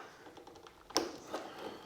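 A color-coded, shaped plastic wire connector is pushed into its mating connector in the handrail assembly of a NordicTrack Commercial 1750 treadmill. A few faint taps lead up to one sharp, bright click at 1.0 s, followed by a softer tick. The connector is seated.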